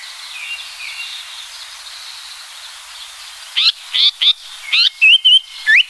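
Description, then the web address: Japanese paradise flycatcher song starting after three seconds of hiss: buzzy slurred notes, level whistles, then a rising whistled note. "sikioto. sankoucho"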